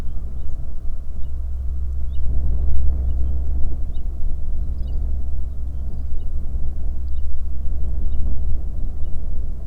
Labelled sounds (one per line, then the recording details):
songbird
wind
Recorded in the Arctic National Wildlife Refuge, Alaska, on 21 May 2019 at 12:59
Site 38